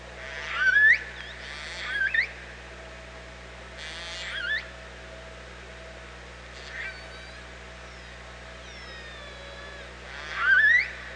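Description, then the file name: Orca calls, a few loud buzzy bursts ending in sharp rising squeals, irregularly spaced, with fainter calls and a steady hum. OrcaLab hydrophone, 24 August 2017, 07:48. "Orca Lab UTLN JASON 20170824 074812"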